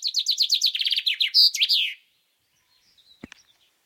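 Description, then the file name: Common chaffinch song phrase of rapid repeated notes descending to a flourished ending, followed by silence with a faint click and soft chirps. "Fringilla coelebs"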